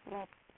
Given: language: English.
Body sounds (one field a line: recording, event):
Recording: throat vibration sensor signal played as sound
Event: speech